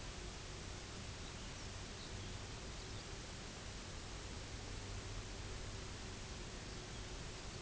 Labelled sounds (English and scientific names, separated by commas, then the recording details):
Pectoral Sandpiper (Calidris melanotos), unidentified sound
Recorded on Arctic tundra, site UTQI-0, on 16 June 2019
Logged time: 12:00